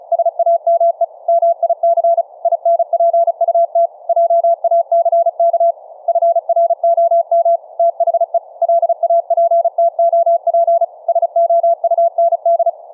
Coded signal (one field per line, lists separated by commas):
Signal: Morse code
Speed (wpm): 36 wpm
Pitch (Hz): 680 Hz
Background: none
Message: SAME MIC INPUT JACK FROM THE LAPTOP SOUND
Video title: Transmit & Receive CW morse code over the FAMILY RADIO SERVICE 2-way radios - hands free transmit